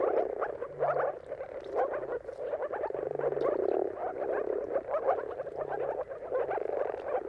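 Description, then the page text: Moor frogs in a dense mating chorus, soft bubbling pulses overlapping continuously, with a faint low hum coming and going underneath. Moor frogs in a mating chorus at sunrise, at the turn of March and April, timing depending on the weather. "Jakub-Orzecki moor frogs. Dawn’s Chorus: Mating Calls of Marsh Frogs at Sunrise. Depending on the weather at the turn of March and April, you can witness an amazing spectacle of moor frogs. earth.fm"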